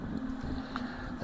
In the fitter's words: that gets pushed in like that it's going to kind of Click into place